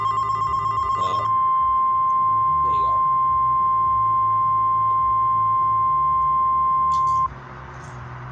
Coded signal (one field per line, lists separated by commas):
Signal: Emergency Alert System (SAME) tones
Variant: 1050 Hz attention tone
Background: speech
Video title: Ef6 eas scenario YouTube movie night